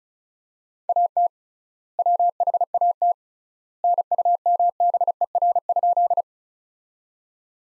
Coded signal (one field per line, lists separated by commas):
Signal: Morse code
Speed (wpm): 35 wpm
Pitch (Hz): 700 Hz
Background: none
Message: AT WHAT NUMBER?